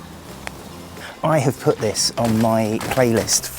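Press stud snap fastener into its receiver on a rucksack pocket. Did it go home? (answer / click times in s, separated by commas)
yes / 0.5 s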